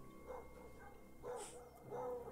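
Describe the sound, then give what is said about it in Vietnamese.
Dogs bark at night in three separate bursts spaced about a second apart, each a harsh, tonal yap over a low background hum, with no one speaking. “Trong cái không gian u tối lạnh lẽo, đàn chó vẫn không ngừng sủa inh ỏi.”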